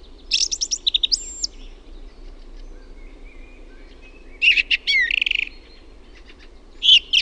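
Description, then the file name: Song thrush song of varied, rapid chirping and whistled phrases, bursts separated by a few seconds, a faint thin whistle in the gaps and low background noise. "LAULURASTAS"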